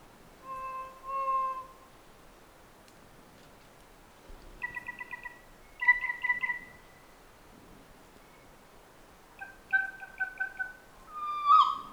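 Kōkako song: mellow organ-like notes in slow phrases, some held and some broken into short pulsing repeats.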